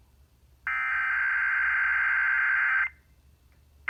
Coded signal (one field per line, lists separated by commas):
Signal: Emergency Alert System (SAME) tones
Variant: header bursts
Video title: WETA June 2021 week 2 RWT(EAS 991)